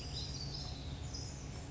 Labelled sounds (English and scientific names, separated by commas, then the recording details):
California Towhee (Melozone crissalis)
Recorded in Sonoma County, California